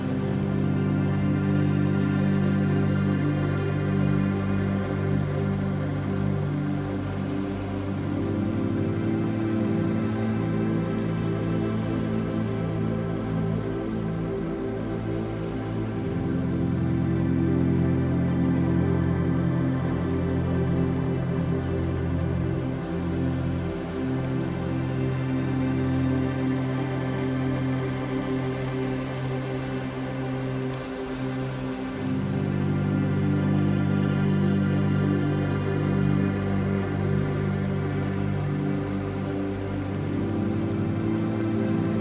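Gentle synthesizer pads hold long, warm chords that shift slowly, changing roughly every eight to sixteen seconds. The music stays steady in loudness and is weighted toward the low and middle range, with a soft, airy hiss like light rain drifting above it throughout.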